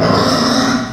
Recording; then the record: squeal of a Yucatan mini pig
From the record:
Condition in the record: after surgery on the right vocal fold (resection and tissue-engineered implant); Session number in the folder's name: 11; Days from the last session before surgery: 98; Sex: female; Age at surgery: 19 weeks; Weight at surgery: 25 kg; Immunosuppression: prednisolone